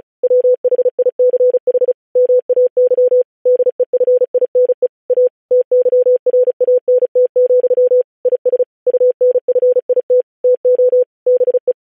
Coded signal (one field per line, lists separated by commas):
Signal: Morse code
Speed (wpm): 36 wpm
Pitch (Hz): 500 Hz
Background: none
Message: WHICH MAY DEFINE A TYRANT, IS UNFIT TO BE